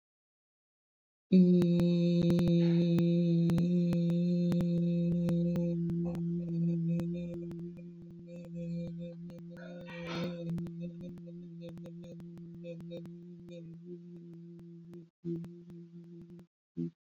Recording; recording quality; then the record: sustained vowel as in beet; excellent, no background noise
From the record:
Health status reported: healthy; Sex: female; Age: 54 years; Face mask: not worn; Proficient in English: yes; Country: France